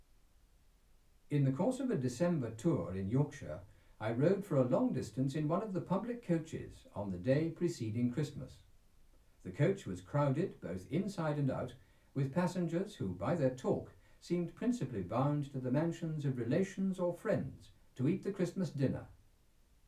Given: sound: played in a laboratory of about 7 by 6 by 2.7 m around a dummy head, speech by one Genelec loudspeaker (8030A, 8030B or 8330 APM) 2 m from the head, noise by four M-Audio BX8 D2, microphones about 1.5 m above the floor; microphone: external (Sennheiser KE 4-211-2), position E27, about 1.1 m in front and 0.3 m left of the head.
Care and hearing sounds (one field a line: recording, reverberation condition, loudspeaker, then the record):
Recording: male speech in English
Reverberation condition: low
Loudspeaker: behind (180 degrees)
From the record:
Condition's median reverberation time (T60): about 310 ms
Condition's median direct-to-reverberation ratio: about 3.5 dB